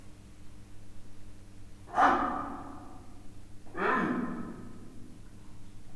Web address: allathangok miskolcizoo 2009 standardt leopard himnosteny halkmordulasvakkantas